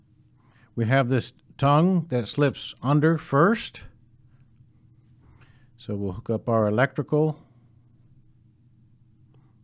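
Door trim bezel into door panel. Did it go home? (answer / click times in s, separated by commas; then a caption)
no / none. Someone talks while holding a refinished brushed-aluminum Murano door trim bezel and hooking up its electrical before its tongue is slid under the door panel. Nothing has seated or clicked yet.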